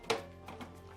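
A tri-color ink cartridge is pushed upward into the carriage of an HP Deskjet 4120 inkjet printer and snaps home with a sharp click at 0.1 s. It locks in place, seated. A softer knock follows at about 0.5 s over a low steady hum.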